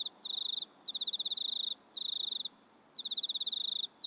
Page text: INSECTS CRICKETS AUSTRALIAN NIGHT. Sounds recorded at night in a country town